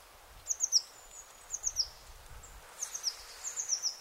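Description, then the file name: Eurasian blue tit calls, high thin notes in quick groups of three or so, repeated several times, over faint low rumble. "Cyanistes caeruleus"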